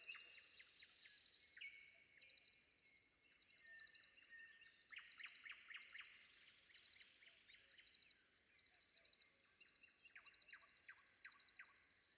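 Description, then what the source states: Common nightingale singing fast clicking note trains and short whistles among overlapping songs of other birds, with a constant high-pitched hum behind. Recorded before dawn.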